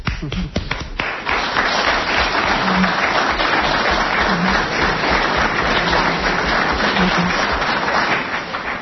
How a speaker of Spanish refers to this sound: Yo te aplaudo.